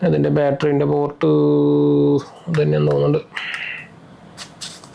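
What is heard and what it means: A rechargeable battery is slid into the battery compartment of a Canon EOS R50 (white) mirrorless camera while someone talks. Soft handling sounds follow the speech, with a small sharp tick near the very end. Nothing has seated or clicked yet; the battery is not yet locked in.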